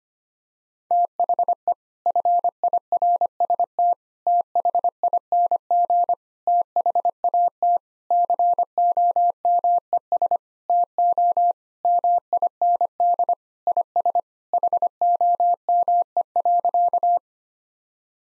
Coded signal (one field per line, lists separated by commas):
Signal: Morse code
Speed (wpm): 25 wpm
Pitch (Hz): 700 Hz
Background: none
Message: THE FIRST THING THAT COMES TO MIND IS HOME.